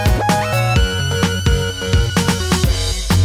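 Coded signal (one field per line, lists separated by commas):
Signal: none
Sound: video game sound effects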